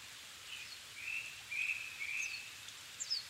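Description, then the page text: Japanese thrush with a run of whistled notes followed by thin high chirps, with hiss throughout. Recorded 7 May 2011 at 17:59 in the evening; Nikko, Japan; altitude 270 m; Sony PCM-D50 recorder with Panasonic WM-61A microphone. "Turdus cardis [Sounds -Nikko Today-]"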